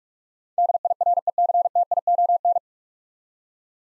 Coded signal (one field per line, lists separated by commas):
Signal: Morse code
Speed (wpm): 46 wpm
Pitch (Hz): 700 Hz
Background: none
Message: DIRECTION